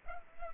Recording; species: mosquito wingbeat signal from an infrared sensor; Culex pipiens